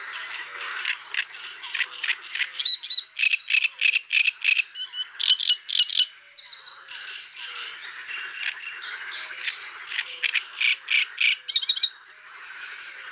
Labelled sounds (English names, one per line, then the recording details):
Great Reed Warbler song
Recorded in the wild
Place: Nagyivan / Hortobagy, HU
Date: 1988-05-06
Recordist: Schwarz, Dieter
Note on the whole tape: Song